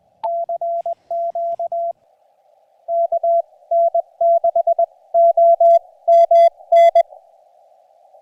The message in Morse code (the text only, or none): CQ KN6OMN